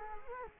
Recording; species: mosquito wingbeat signal from an infrared sensor; Culex quinquefasciatus